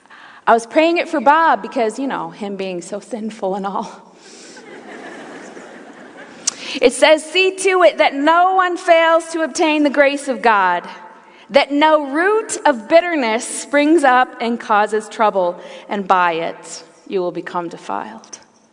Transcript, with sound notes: I was praying it for Bob because him being so sinful and all... (laughter) It says, “See to it that no one fails to obtain the grace of God that no root of bitterness springs up and causes trouble and by it you will become defiled.”